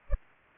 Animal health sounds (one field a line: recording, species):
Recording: mosquito wingbeat signal from an infrared sensor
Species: Culex pipiens